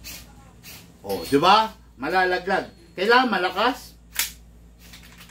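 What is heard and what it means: Someone talks, then a magazine is pushed hard into an airsoft rifle and a sharp click at 4.2 s shows it has snapped home and seated. This follows a warning that a gently pushed magazine only seems locked and will fall out when pulled, and the rifle is then charged and ready to fire.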